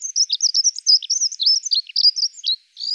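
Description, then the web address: Dunnock song, a fast, high, squeaky warble of tumbling notes delivered without pause for over two seconds, ending briefly before another phrase starts. "Prunella modularis"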